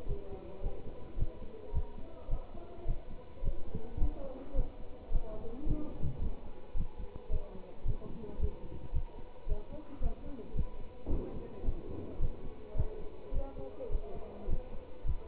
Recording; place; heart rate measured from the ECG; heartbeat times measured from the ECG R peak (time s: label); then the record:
heart sounds by stethoscope; between the tricuspid and mitral areas; 108 bpm
0.06 s: heartbeat
0.61 s: heartbeat
1.17 s: heartbeat
1.72 s: heartbeat
2.29 s: heartbeat
2.85 s: heartbeat
3.42 s: heartbeat
3.98 s: heartbeat
4.54 s: heartbeat
5.10 s: heartbeat
5.65 s: heartbeat
6.20 s: heartbeat
6.75 s: heartbeat
7.29 s: heartbeat
7.84 s: heartbeat
8.38 s: heartbeat
8.92 s: heartbeat
9.47 s: heartbeat
10.01 s: heartbeat
10.54 s: heartbeat
11.08 s: heartbeat
11.63 s: heartbeat
12.19 s: heartbeat
12.75 s: heartbeat
13.32 s: heartbeat
13.90 s: heartbeat
14.47 s: heartbeat
15.04 s: heartbeat
From the record:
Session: pedaling a stationary bicycle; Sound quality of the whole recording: good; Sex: male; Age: 27 years